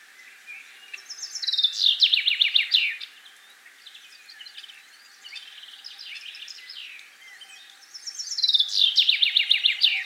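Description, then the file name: Common chaffinch singing a cascading rattle that drops in pitch, heard three times, with the middle phrase softer. "Fringilla coelebs"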